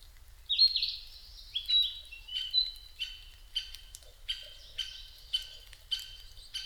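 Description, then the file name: Narcissus flycatcher singing an opening whistled flourish, followed by a run of short, sharp notes. Recorded 5 May 2008 at 07:22. "kibitaki 20080505-0722"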